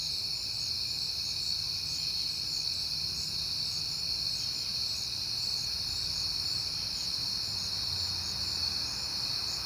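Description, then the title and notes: Crickets in a dense, steady high-pitched chorus, with a faint low rumble underneath. Crickets heard often in September, recorded at night on a peaceful night. "Night Time: Crickets and Passing Cars. It is September and I have been hearing the crickets a lot, but finally had a peaceful night to make the recording"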